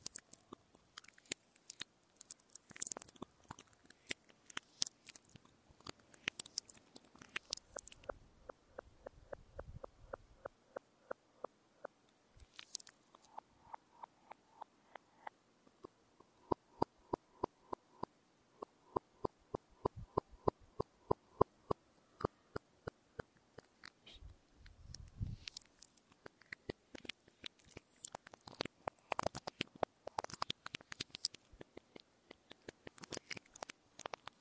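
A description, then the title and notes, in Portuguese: Dry mouth sounds and small tapping and clicking from fidget toys and gloves play in a quick, crackly patter, with dense bursts near the start and again after about 25 seconds. Calmer stretches in the middle carry regular soft clicks. Sons de Boca, Cafuné, Luva. ASMR com o microfone Tascam explorando sons de boca, fidget toys, luva e cafuné tudo em reverse (o contrário!).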